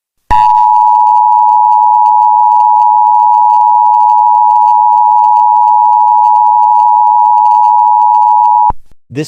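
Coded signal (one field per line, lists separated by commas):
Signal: Emergency Alert System (SAME) tones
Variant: 853 and 960 Hz attention tone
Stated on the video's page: Fictional US EAS scenario story.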